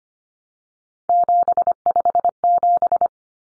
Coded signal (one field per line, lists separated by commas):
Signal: Morse code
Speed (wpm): 25 wpm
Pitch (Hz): 700 Hz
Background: none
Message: 757